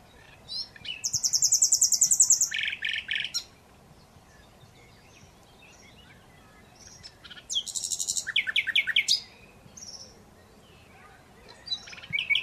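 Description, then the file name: Common Nightingale delivering a rich buzzy trill and fast rattling notes, pausing several seconds between rapid, rhythmic phrases. "Luscinia megarhynchos"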